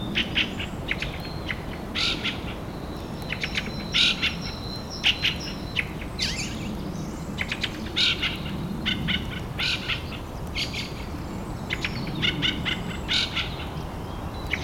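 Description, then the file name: Fieldfare song of rapid chattering and creaky, squeaking notes, delivered in quick clusters with brief gaps over faint low noise. Recorded 25 April at 4:30 in the morning. "Drozd-ryabinnik - 25 aprelya 4 30 utra"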